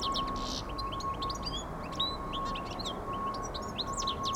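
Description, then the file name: European goldfinch song: lively twittering with slurred and buzzy notes throughout, alongside a steady thin hum and low background rumble. "Carduelis carduelis"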